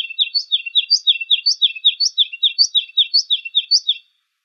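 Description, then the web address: Ruby-crowned kinglet producing a steady series of high, sharp, down-slurred double notes, repeated nearly twice a second for about four seconds, then stopping. Recorded in Arizona. "Kinglets RCKI 061704. deviche"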